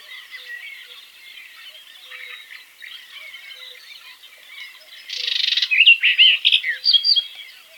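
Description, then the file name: Barred warbler song: a quiet scratchy warble, then a loud dry rattle lasting about half a second, followed by louder chattering notes. Faint low notes sound in the background. "slavka jastrebinaja"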